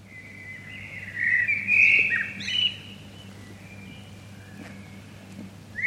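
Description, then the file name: Common blackbird song: a mellow fluted warble around the middle, ending in a few higher squeaky notes, then quiet with a faint low hum, and the start of another phrase at the very end. "Turdus merula"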